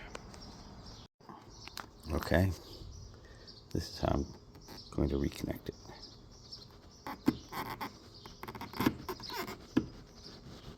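On a Boxster 987 under a top transmission rebuild, a convertible-top drive linkage rod's socket end is being pressed onto the ball stud on the top transmission, with a wrench used for leverage, while someone talks. Several light, sharp metallic contacts and handling noises are heard. Nothing has seated or clicked yet.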